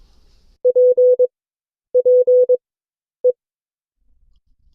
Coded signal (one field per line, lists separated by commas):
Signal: Morse code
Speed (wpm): 22 wpm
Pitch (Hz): 500 Hz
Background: none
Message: P P E